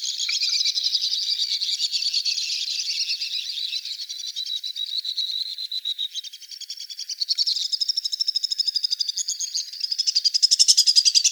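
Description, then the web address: White-throated swift shrill twittering trills, long rapid pulsed chatters wavering in pitch, rising and falling, with louder bursts near the end. Dated 030506. "Hummingbirds Swifts WTSW 030506. deviche"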